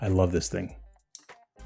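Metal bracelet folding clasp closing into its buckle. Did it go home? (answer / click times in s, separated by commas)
yes / 1.1 s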